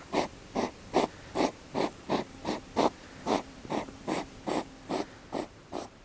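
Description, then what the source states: European hedgehog huffing and snorting: many short, breathy, noisy puffs in a steady rhythm, about two and a half per second. Smaller hedgehog huffing, snorting and snapping at a larger one circling it; interpreted as male courting an unwilling female; late June, Kumlinge, Åland; watched 45 minutes without progress.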